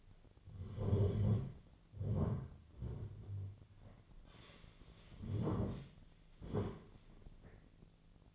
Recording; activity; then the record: daily activity, microphone in the room; sit down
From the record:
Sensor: 4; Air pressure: 1008.9 hPa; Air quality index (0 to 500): 171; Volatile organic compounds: 5 ppm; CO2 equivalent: 1719 ppm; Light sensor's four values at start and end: 23/73/28/27 and 23/73/27/26